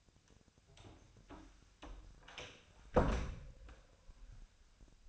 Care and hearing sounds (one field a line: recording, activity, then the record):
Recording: daily activity, microphone in the room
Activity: close door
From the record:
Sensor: 2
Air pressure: 1007.5 hPa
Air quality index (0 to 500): 182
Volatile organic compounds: 10 ppm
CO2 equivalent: 2238 ppm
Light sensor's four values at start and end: 10/24/10/10 and 10/23/10/10